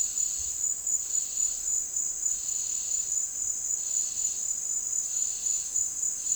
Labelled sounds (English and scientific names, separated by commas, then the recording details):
none
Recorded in dense forest near Puerto Asís, Putumayo, Colombia, on 13 March 2025 at 11:00
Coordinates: 0.499, -76.324
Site GP03